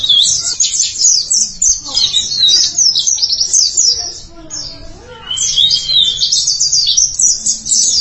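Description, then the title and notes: White-eye song: fast, sweet, high twittering in tumbling phrases, pausing briefly before a renewed burst of chirping. "Suara kicauan burung pleci"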